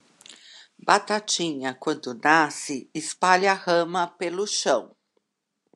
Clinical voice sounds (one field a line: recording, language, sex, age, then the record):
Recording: short text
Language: Brazilian Portuguese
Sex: female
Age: 50 to 59 years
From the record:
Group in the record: control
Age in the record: 59 years